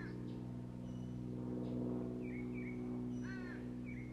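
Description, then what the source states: Birds calling: a few short chirps and a harsh, cawing call with stacked tones, over a steady low hum. Birds singing in the morning.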